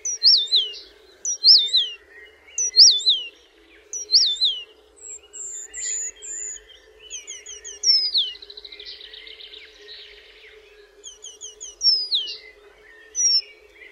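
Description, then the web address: Eurasian penduline tit calling, thin high whistles falling in pitch, given in short series, with a brief buzzy trill midway and a steady low hum beneath. "Przyroda Ptaki Remiz"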